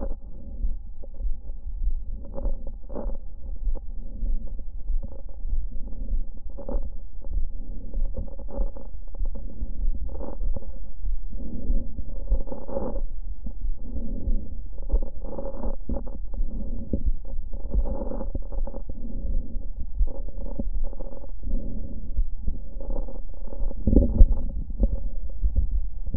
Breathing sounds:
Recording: lung sounds by stethoscope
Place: left anterior apical chest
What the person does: quiet breathing, then deep breathing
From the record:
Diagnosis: interstitial lung disease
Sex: female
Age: 68 years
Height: 152 cm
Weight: 76 kg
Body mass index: 32.9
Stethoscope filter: diaphragm mode

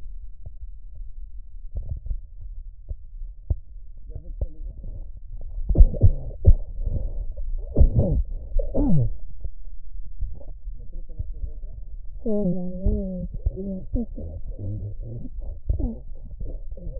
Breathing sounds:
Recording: lung sounds by stethoscope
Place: right posterior apical chest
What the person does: quiet breathing, then cough and speech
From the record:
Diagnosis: interstitial lung disease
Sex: male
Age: 82 years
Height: 158 cm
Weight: 49 kg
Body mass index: 19.6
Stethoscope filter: extended mode

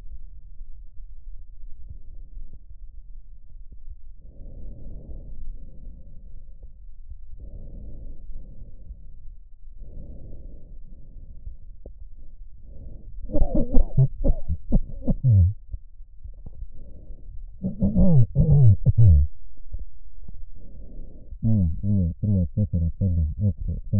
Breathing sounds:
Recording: lung sounds by stethoscope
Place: right posterior apical chest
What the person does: quiet breathing, then cough and speech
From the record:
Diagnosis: none (healthy)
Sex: male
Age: 45 years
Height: 173 cm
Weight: 92 kg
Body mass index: 30.7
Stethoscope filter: extended mode

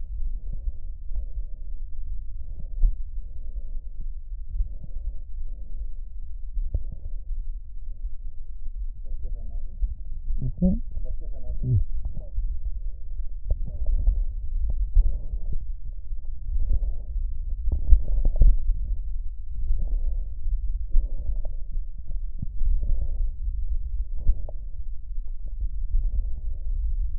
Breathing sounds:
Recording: lung sounds by stethoscope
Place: right posterior apical chest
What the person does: quiet breathing, then deep breathing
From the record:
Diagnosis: COPD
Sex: female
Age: 80 years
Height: 160 cm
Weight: 62 kg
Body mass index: 24.2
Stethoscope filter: extended mode

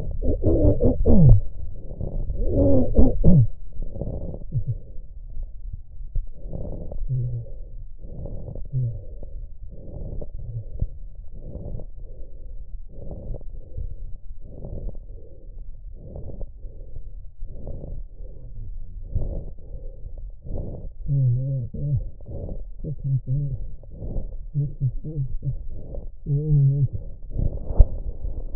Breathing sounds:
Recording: lung sounds by stethoscope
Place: left posterior basal chest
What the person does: quiet breathing, then cough and speech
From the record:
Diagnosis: interstitial lung disease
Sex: male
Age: 72 years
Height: 167 cm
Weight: 74 kg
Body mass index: 26.5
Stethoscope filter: extended mode

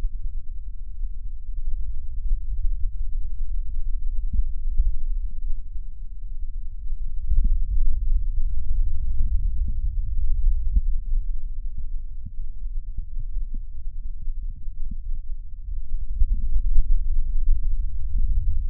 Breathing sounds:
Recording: lung sounds by stethoscope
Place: left anterior apical chest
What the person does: quiet breathing, then deep breathing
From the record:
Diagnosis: COPD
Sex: male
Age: 60 years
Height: 171 cm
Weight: 59.4 kg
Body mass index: 20.3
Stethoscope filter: bell mode

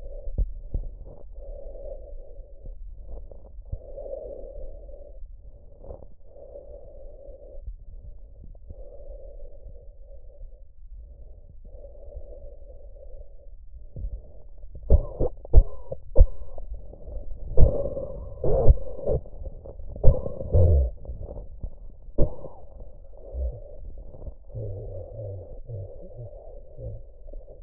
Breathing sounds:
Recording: lung sounds by stethoscope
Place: trachea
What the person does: quiet breathing, then cough and speech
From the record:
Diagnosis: pulmonary infection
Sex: male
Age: 69 years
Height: 184 cm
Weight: 115 kg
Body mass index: 34.0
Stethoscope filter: extended mode

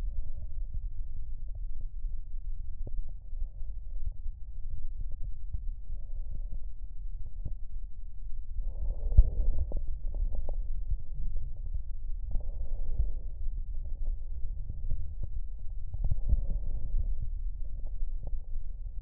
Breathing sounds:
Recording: lung sounds by stethoscope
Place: left posterior basal chest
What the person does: quiet breathing, then deep breathing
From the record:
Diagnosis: COPD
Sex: male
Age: 78 years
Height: 162 cm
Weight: 66.4 kg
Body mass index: 25.3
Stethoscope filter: extended mode

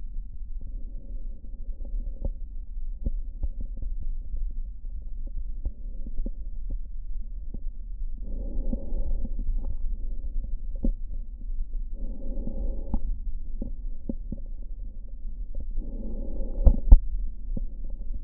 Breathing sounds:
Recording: lung sounds by stethoscope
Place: left posterior basal chest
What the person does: quiet breathing, then deep breathing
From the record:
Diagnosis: asthma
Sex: female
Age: 74 years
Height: 155 cm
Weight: 63 kg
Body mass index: 26.2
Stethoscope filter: diaphragm mode

